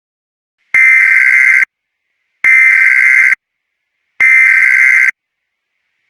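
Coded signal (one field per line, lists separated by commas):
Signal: Emergency Alert System (SAME) tones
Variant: header bursts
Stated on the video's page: Fake, fictional alert scenario.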